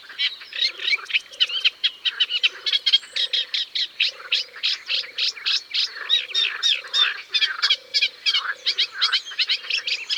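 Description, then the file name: Eurasian reed warbler song: fast, jerky run of harsh repeated notes, accompanied by regular low purring croaks every second or so. "Rousserolle effarvatte"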